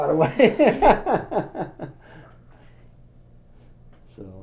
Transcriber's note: he laughs